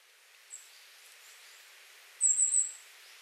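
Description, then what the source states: Goldcrest call, a brief very high thin quavering series of notes near the end, with one faint high note earlier. Kosado, 30 January 2019.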